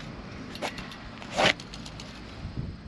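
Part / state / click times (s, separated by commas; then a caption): folding bike rear wheel into its frame lock / not seated / none. The rear wheel section of a titanium folding bike is handled as it swings toward its frame lock, with soft rattles, light ticks and a brief louder scraping burst near 1.4–1.5 seconds over a steady background hiss. The clip ends before the wheel latches, and nothing has seated or clicked yet.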